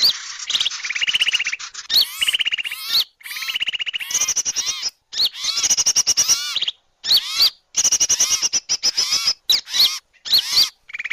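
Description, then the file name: Bird calls in choppy bursts separated by short silences: arched whistled notes, buzzy trills and high chattering chirps. Lure call (pikat) track, titled as a thousand birds (1000 burung). "pikat 1000 burung"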